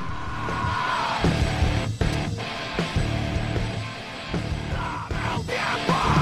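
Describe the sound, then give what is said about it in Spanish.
Loud rock music with a dense full-band sound, a raw screamed vocal cutting through, then shifting into more melodic sung lines over steady driving drums. “Porque aparte combina las voces, como gritando y después cantando bien.”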